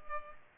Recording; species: mosquito wingbeat signal from an infrared sensor; Culex pipiens